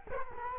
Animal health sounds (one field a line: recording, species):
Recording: mosquito wingbeat signal from an infrared sensor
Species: Culex quinquefasciatus